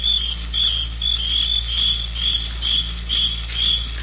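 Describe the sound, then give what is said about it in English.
Shrill, high-pitched cricket chirping at night by a dock pulses steadily in repeated bursts about twice a second, loud and continuous over a low, steady hum, with no voices. “But there wasn't a sound except the crickets. Shrilling so loudly, the noise seemed to beat inside my brain.”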